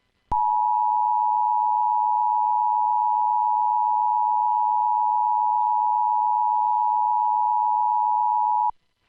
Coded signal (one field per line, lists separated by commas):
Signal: Emergency Alert System (SAME) tones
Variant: 853 and 960 Hz attention tone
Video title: EAS 675 Nevada Required Monthly Test